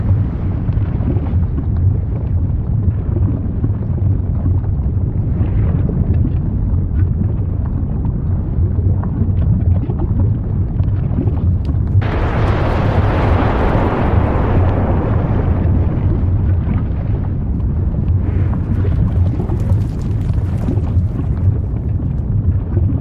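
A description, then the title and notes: Volcano eruption rumble, a deep and steady roar that stays loud and dense for the whole stretch with no pauses. At about 12 seconds a brighter hissing burst joins in and lasts until around 15 seconds, then the low churning rumble carries on. Rumbling explosions from an active volcano. Volcanic Eruption Sounds.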